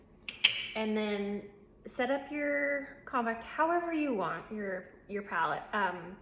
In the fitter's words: colors and pop them out of their pretty little lids.